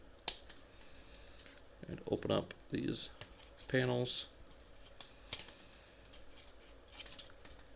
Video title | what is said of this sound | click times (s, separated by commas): Transformers War For Cybertron: Earthrise - WFC: E-11 Optimus Prime | flipping out these pieces of the chest which this will click into place pretty much snap and | 0.3 s